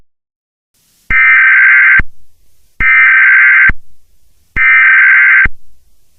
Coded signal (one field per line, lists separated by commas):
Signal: Emergency Alert System (SAME) tones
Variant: header bursts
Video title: EAS ALERT! HE IS COMING!😱